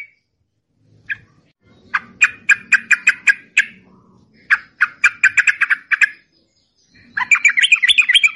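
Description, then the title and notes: Yellow-vented bulbul song of sharp repeated chirps in quick series, pausing between runs, then closing with a chattering flourish; faint low hum beneath. Master recording for training songbirds; long rolling song style called ropel panjang. "Masteran Trucukan Ropel Panjang. Kicau Burung Trucukan"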